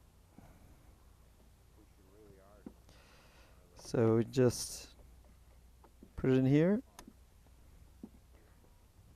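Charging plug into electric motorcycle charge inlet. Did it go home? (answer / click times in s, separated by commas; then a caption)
yes / 7.0 s. A charging plug is pushed into the charge inlet of an electric motorcycle while someone talks. A sharp click at 7.0 s marks the connector seating, and the dash lights up to show charging.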